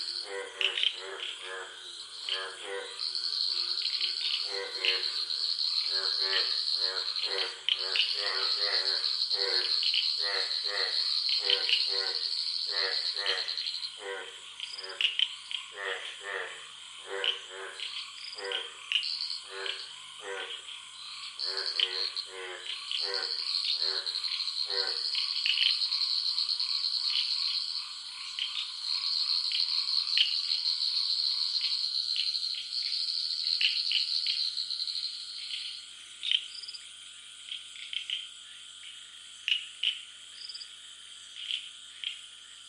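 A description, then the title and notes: A wetland chorus at night, with frogs calling in rapid clicking pulses for the first half, then thinning out after about 25 seconds. A high, steady insect trill runs across most of the recording, and fainter calls scatter through the background. Samuel Kudjodzi's field recording of wetlands at midnight in Ghana. Ghana wetland insects reimagined by Joseph Chaves.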